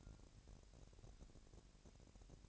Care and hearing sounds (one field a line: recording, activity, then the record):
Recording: daily activity, microphone in the room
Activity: take from stove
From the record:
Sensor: 2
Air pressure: 1011.9 hPa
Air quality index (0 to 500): 195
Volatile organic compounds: 3 ppm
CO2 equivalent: 1385 ppm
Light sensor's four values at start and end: 75/177/73/71 and 75/177/73/71